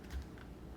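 The edge of a cartridge is slipped under the takedown pin piece on a .380 pistol frame to release the metal pin, with a soft bump near 0.1 s and a short, sharp click at 0.4 s over a low, steady background hum. The takedown pin clicks free and pops out of the frame.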